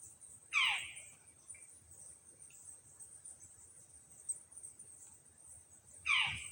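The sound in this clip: Australian owlet-nightjar giving two brief, rasping, descending calls roughly five seconds apart, with a constant high-pitched insect drone behind.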